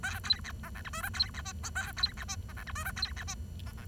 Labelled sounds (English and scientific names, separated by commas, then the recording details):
Bengalese Finch (Lonchura striata domestica) song
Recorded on 23 June 2012 at 10:31
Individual gr41rd51